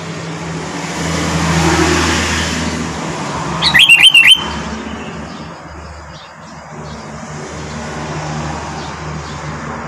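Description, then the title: Sooty-headed bulbul song: a brief burst of quick, liquid whistled notes over a steady hum of passing vehicles. "Kutilang"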